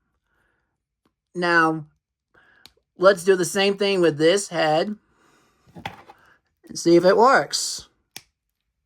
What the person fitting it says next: And here you go. You get to hear the pop noise, which is not from my fingers or anything.